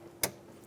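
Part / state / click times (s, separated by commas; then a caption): wiring harness connector onto power window motor / seated / 0.2 s. A wiring harness connector is pushed onto the front power window motor of a 2010-2014 Subaru Outback, with a single sharp, short click at 0.2 seconds. The connector seats and locks onto the motor.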